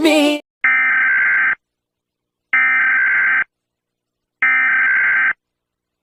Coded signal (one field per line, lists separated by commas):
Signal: Emergency Alert System (SAME) tones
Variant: header bursts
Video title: (Part Of This EAS Scenario Dandy's World)